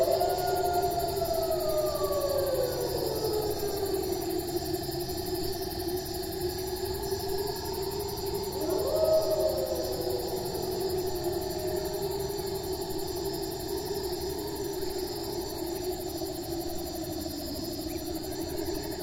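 Nocturnal animals, with low, drawn-out tonal calls sliding downward over a steady droning hum and a thin, constant high whine throughout.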